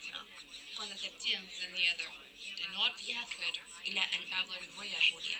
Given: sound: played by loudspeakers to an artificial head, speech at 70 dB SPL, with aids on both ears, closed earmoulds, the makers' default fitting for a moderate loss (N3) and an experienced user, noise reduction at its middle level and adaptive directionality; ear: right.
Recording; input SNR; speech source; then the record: speech test signal (ISTS) in cocktail-party noise; 0 dB; on the right (90 degrees)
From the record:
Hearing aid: class 1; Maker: I